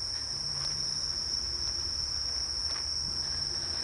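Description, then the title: Bell cricket song, a steady high ringing note held without a break, with low rumbling beneath. Recorded while walking, in autumn, in Japan. "歩きながら録音してみた（ほぼ鈴虫）"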